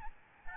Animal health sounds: mosquito wingbeat signal from an infrared sensor; Aedes albopictus

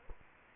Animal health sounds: mosquito wingbeat signal from an infrared sensor; Culex quinquefasciatus

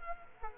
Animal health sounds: mosquito wingbeat signal from an infrared sensor; Culex quinquefasciatus

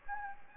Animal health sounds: mosquito wingbeat signal from an infrared sensor; Anopheles gambiae

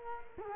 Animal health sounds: mosquito wingbeat signal from an infrared sensor; Culex quinquefasciatus

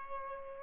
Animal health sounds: mosquito wingbeat signal from an infrared sensor; Aedes albopictus

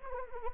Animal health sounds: mosquito wingbeat signal from an infrared sensor; Anopheles arabiensis

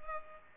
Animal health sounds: mosquito wingbeat signal from an infrared sensor; Culex pipiens

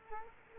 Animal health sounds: mosquito wingbeat signal from an infrared sensor; Culex quinquefasciatus

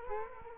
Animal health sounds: mosquito wingbeat signal from an infrared sensor; Culex quinquefasciatus

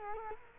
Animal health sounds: mosquito wingbeat signal from an infrared sensor; Culex quinquefasciatus

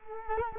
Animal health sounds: mosquito wingbeat signal from an infrared sensor; Culex quinquefasciatus

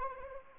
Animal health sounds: mosquito wingbeat signal from an infrared sensor; Anopheles arabiensis

